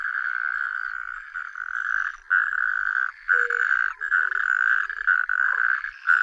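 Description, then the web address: Natterjack toad rattling calls: a loud rolling churr, almost unbroken, with a few brief pauses and a short lower tone in the middle. "Przyroda Tajemnice puszczy Ropucha piaskówka"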